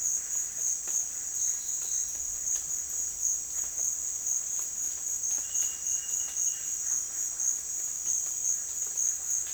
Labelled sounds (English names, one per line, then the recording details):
none
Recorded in dense forest near Puerto Asís, Putumayo, Colombia, on 24 June 2025 at 16:30
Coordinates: 0.484, -76.325
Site H65